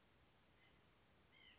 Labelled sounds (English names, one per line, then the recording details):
White-breasted Nuthatch
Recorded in Sonoma County, California